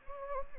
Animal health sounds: mosquito wingbeat signal from an infrared sensor; Anopheles arabiensis

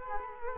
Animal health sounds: mosquito wingbeat signal from an infrared sensor; Culex quinquefasciatus

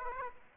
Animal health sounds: mosquito wingbeat signal from an infrared sensor; Aedes aegypti

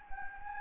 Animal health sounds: mosquito wingbeat signal from an infrared sensor; Anopheles gambiae

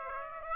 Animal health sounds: mosquito wingbeat signal from an infrared sensor; Aedes aegypti

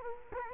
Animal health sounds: mosquito wingbeat signal from an infrared sensor; Culex quinquefasciatus

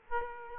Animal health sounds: mosquito wingbeat signal from an infrared sensor; Aedes aegypti

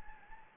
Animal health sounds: mosquito wingbeat signal from an infrared sensor; Anopheles gambiae

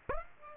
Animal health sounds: mosquito wingbeat signal from an infrared sensor; Aedes aegypti

